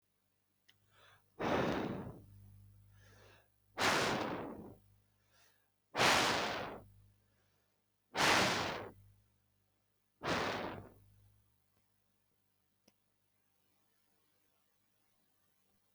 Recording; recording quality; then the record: deep breathing; excellent, no background noise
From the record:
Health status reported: exposed to COVID-19, no respiratory illness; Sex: male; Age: 22 years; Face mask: not worn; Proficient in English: yes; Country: India